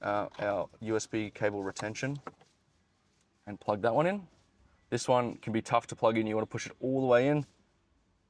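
Someone talks while handling the USB cable retention plug on a Toyota Hilux (N70, 7th generation, 2005–2015), getting ready to push it firmly into its harness socket on the back of an aftermarket head unit. The plug can be tough to insert and has to go all the way in. The clip ends before it goes home, so nothing has seated or clicked yet.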